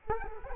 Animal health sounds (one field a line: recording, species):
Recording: mosquito wingbeat signal from an infrared sensor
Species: Culex quinquefasciatus